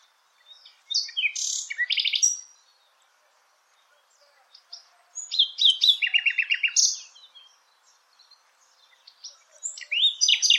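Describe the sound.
Bird song in bursts of sharp chirps and fast repeated trilled notes, separated by short quiet gaps, with a final burst of chirping.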